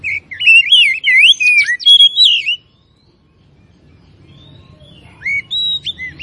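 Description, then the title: Oriental magpie-robin pouring out fast, looping whistled notes for a couple of seconds, then silence, then a few sparse upslurred whistles. Singing bird described as gacor (singing vigorously and continuously); Tretes type. "Kacer Tretes Gacor"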